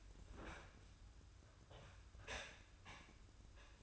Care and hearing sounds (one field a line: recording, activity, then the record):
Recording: daily activity, microphone in the room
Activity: open fridge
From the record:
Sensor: 2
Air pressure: 994.4 hPa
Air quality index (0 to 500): 213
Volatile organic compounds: 1000 ppm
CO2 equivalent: 7059 ppm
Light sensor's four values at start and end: 89/209/87/86 and 88/208/86/85